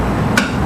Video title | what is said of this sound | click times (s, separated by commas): Piezotome II LED - хирургический аппарат (физиодиспенсер) со светом - Satelec Acteon Group (Франция) | until you hear a click. Once you hear that click and the door is flush with the device, | 0.4 s